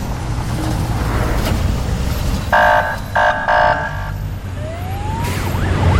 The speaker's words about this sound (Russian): К больнице подъезжают два бронеавтомобиля.